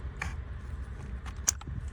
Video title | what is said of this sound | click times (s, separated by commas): How to Swap a Car Stereo | that's snapped back in so now my USB stuff's hooked up my | 1.5 s